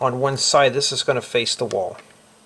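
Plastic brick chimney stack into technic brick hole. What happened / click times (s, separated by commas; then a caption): Handled, no seating click yet / none. A stacked plastic LEGO chimney is handled before being pushed into a technic hole on a LEGO stove, while someone talks. Nothing has seated or clicked yet.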